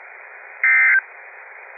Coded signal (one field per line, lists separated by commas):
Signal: Emergency Alert System (SAME) tones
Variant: end-of-message bursts